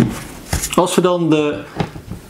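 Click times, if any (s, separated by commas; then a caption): none. Someone talks while an HBM professional 20 V 4.0 Ah battery pack is handled at the battery mount of a cordless jigsaw, with soft handling noises around 0.5 s and 1.8 s. Nothing has seated or clicked yet; the clip ends just before the pack latches into place.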